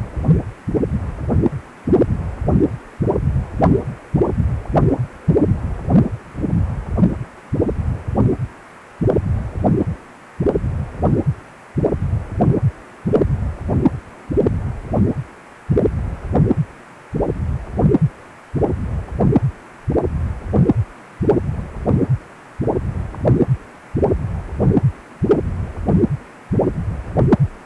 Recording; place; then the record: Doppler ultrasound of blood flow; precordium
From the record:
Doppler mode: continuous wave and pulsed wave in the uncut recording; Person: healthy adult, 18 to 50 years, no heart murmur, not diving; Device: 2.5 MHz transducer